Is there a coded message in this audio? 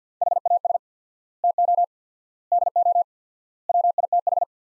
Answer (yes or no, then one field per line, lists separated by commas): yes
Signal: Morse code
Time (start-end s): 0.2-4.4 s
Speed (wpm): 45 wpm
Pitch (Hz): 700 Hz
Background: none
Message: HAS TO DO WITH